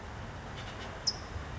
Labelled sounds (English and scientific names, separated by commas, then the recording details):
California Towhee (Melozone crissalis)
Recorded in Sonoma County, California